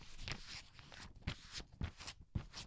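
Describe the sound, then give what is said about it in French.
Crisp, crunchy footsteps on dry autumn leaves made by a foley artist, about five steady steps with rustling crackle between them, quiet and alone without any voices. “Pour les oreilles fines, c'est comme l'automne, hein, quand tu marches sur les feuilles.”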